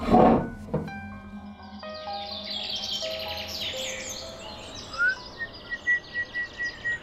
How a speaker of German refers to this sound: Dass es hier so viele Vögel gibt, finde ich schön. Es war gut, dass wir uns eine Wohnung im Park genommen haben. Na, Vögelchen? Ich kann euch nicht verstehen, aber es ist schön, dass ihr da seid.